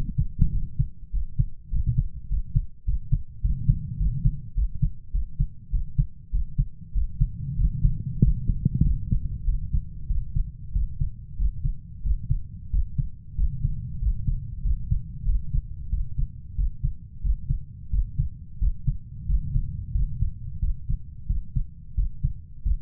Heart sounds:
heart sounds by stethoscope; 95 bpm
0.53 s: heartbeat
1.14 s: heartbeat
1.73 s: heartbeat
2.31 s: heartbeat
2.87 s: heartbeat
3.44 s: heartbeat
4.00 s: heartbeat
4.57 s: heartbeat
5.14 s: heartbeat
5.73 s: heartbeat
6.33 s: heartbeat
6.96 s: heartbeat
7.59 s: heartbeat
8.22 s: heartbeat
8.85 s: heartbeat
9.47 s: heartbeat
10.09 s: heartbeat
10.75 s: heartbeat
11.39 s: heartbeat
12.05 s: heartbeat
12.73 s: heartbeat
13.38 s: heartbeat
14.02 s: heartbeat
14.65 s: heartbeat
15.27 s: heartbeat
15.92 s: heartbeat
16.58 s: heartbeat
17.24 s: heartbeat
17.93 s: heartbeat
18.61 s: heartbeat
19.29 s: heartbeat
19.94 s: heartbeat
20.62 s: heartbeat
21.29 s: heartbeat
21.97 s: heartbeat
22.65 s: heartbeat
From the record:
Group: healthy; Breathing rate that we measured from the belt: 11 breaths a minute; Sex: male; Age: 21 years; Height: 175 cm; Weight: 72.6 kg

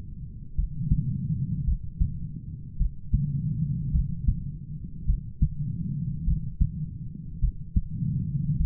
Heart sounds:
heart sounds by stethoscope; 52 bpm
0.55 s: heartbeat
1.64 s: heartbeat
2.77 s: heartbeat
3.91 s: heartbeat
5.05 s: heartbeat
6.24 s: heartbeat
7.39 s: heartbeat
8.56 s: heartbeat
From the record:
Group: heart failure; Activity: rest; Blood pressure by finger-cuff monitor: 87/45 mmHg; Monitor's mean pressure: 59 mmHg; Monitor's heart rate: 52 bpm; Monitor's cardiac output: 4.7 L/min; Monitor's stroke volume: 86 mL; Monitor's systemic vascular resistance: 890 dyn s/cm5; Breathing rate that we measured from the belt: 26 breaths a minute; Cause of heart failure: dilated cardiomyopathy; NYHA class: 3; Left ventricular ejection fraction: 27%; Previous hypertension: present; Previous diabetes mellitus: present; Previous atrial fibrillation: present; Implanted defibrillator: present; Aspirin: present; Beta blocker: bisoprolol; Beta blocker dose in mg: 1.25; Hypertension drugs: sacubitril-valsartan, spironolactone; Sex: female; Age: 39 years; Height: 170 cm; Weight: 64 kg

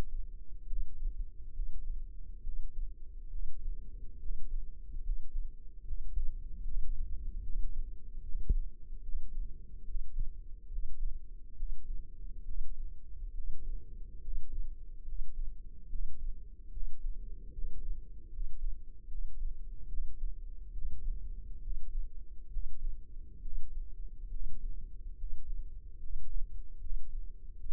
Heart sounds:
heart sounds by microphone in the left ear; 71 bpm
0.66 s: heartbeat
1.52 s: heartbeat
2.42 s: heartbeat
3.29 s: heartbeat
4.19 s: heartbeat
5.02 s: heartbeat
5.84 s: heartbeat
6.64 s: heartbeat
7.43 s: heartbeat
8.22 s: heartbeat
9.02 s: heartbeat
9.84 s: heartbeat
10.69 s: heartbeat
11.55 s: heartbeat
12.44 s: heartbeat
13.33 s: heartbeat
14.21 s: heartbeat
15.05 s: heartbeat
15.88 s: heartbeat
16.70 s: heartbeat
17.51 s: heartbeat
18.30 s: heartbeat
19.08 s: heartbeat
19.87 s: heartbeat
20.72 s: heartbeat
21.60 s: heartbeat
22.49 s: heartbeat
23.41 s: heartbeat
24.30 s: heartbeat
25.16 s: heartbeat
25.99 s: heartbeat
26.80 s: heartbeat
27.59 s: heartbeat
From the record:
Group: healthy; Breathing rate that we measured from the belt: 17 breaths a minute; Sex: male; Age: 35 years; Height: 178 cm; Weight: 64 kg

